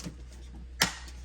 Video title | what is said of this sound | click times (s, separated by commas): 15.6" Screen Upgrade - Better than a Refresh! | Pop it in until it clicks into place, and then you're good to go. | 0.8 s